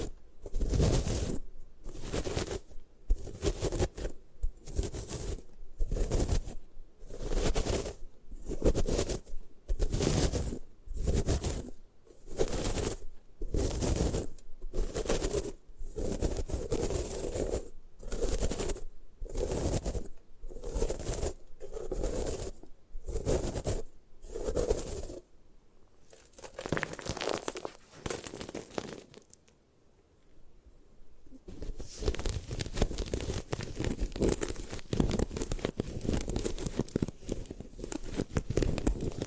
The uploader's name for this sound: Destroy Gym Chalk